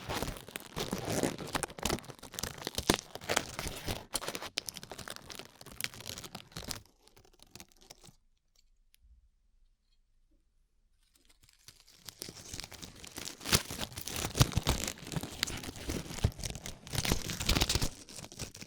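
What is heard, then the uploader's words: Crisp peeling and crinkling sounds fill the first seven seconds, dense and textured with sharp ticks and rips. A near-silent pause follows until about twelve seconds, then the sticky peeling and crackling resume just as busily through the end, bright. ASMR Peeling Glue Off Your Ears (No Talking).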